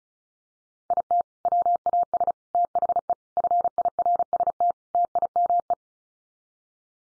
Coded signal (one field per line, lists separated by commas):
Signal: Morse code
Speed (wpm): 34 wpm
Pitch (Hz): 700 Hz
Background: none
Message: IT WAS THE FIRST TIME